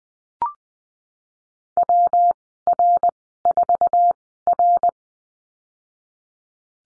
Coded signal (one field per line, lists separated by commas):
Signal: Morse code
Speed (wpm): 20 wpm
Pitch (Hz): 700 Hz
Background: none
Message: WR4R